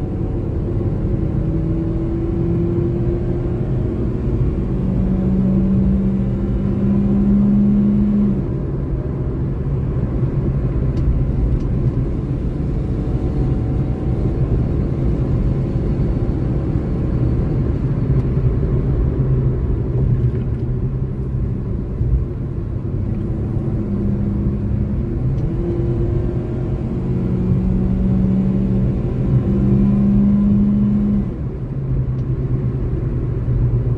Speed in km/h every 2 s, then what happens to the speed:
81, 87, 96, 101, 105, 111, 114, 118, 120, 96, 77, 79, 85, 93, 99, 104, 96.
0-15 speeds up to 120. 16-20 brakes to 77. 20-29 speeds up to 104.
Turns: none.